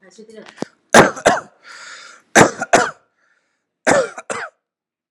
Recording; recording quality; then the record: heavy voluntary cough; excellent, no background noise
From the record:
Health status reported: healthy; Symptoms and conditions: none ticked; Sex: male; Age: 24 years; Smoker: yes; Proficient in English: yes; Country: India